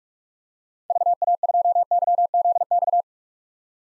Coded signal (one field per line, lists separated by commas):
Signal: Morse code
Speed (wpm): 42 wpm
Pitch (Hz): 700 Hz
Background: none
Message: VA2YZX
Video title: 2023 SOTA Chaser Call Signs - 45wpm